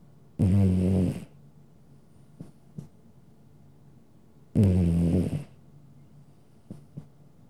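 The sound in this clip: Domestic cat snoring, two low, buzzy snores about four seconds apart, with faint clicks and small breaths between them.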